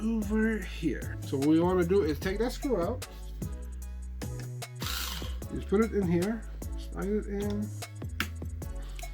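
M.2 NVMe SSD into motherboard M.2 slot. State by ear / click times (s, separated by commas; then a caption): seated / 8.2 s. An M.2 NVMe SSD is slid into a motherboard M.2 slot while someone talks over background music. A few small taps and scrapes come before it, then a sharp click at 8.2 s as the drive seats in the slot.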